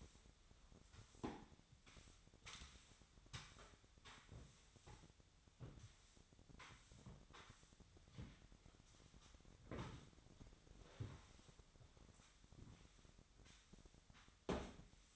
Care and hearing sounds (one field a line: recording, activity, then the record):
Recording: daily activity, microphone in the room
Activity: sweep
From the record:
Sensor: 3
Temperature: 25.7 degrees Celsius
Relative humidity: 37.5%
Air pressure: 1006.9 hPa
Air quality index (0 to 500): 204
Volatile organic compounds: 18 ppm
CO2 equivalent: 2612 ppm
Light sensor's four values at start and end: 11/25/10/10 and 11/25/10/10